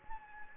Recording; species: mosquito wingbeat signal from an infrared sensor; Anopheles gambiae